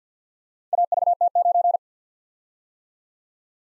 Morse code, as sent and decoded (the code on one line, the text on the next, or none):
.- ...- - ----.
AVT9